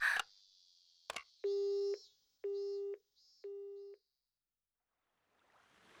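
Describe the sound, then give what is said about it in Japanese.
A click as a phone is hung up, then three steady, evenly spaced pulses of a low electronic busy tone, followed by silence and a faint hiss. “ごめん、電話切るから。”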